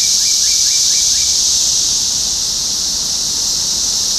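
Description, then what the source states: Cicadas drone in a continuous high buzz, and a bird adds a brief string of quick chirps at the start. Topeka, Kansas, 14 June 2015.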